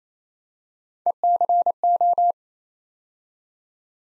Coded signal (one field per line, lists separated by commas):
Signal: Morse code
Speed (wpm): 27 wpm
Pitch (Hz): 700 Hz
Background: none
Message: ECO